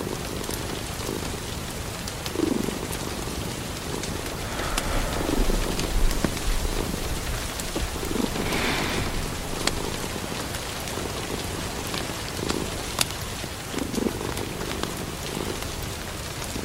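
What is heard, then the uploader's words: Steady rain patters through the whole stretch, a dense hiss with scattered sharp ticks and cracks, like a fire popping, every second or two. A low rumbling murmur sits underneath, swelling in soft pulses, with a brighter rushing burst near the ninth second. Autumn cuddles with your boyfriend and kitten with rain and fire in the background.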